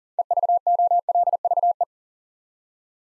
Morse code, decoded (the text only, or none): EVOLVE